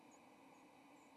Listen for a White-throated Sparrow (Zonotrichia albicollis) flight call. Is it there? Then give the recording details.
no. Another species' flight call is heard. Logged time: 07:12 on 30 October 2014